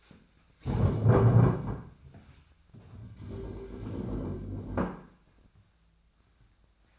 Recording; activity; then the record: daily activity, microphone in the room; stand up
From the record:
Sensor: 2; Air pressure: 1008.0 hPa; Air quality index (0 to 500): 180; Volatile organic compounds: 10 ppm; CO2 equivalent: 2209 ppm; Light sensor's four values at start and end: 10/25/10/11 and 10/24/10/10